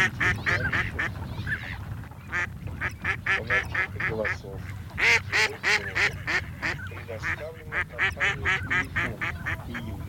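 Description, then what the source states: Mallard quacking in fast, dense bursts of harsh, nasal notes, with brief pauses between runs and a low background hum throughout. Mallard calls for an electronic decoy caller chip, Russian version.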